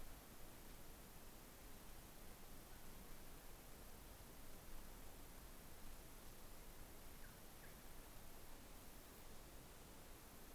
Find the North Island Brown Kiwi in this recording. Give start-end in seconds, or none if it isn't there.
none